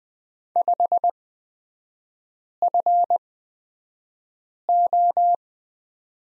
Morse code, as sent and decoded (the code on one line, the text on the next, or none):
..... ..-. ---
5FO